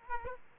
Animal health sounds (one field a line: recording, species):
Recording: mosquito wingbeat signal from an infrared sensor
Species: Aedes aegypti